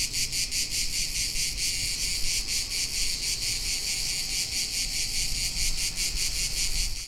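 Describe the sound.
Cicadas in a dense, high-pitched, continuous buzzing chorus that pulses rapidly and steadily throughout, with faint low rumbling underneath.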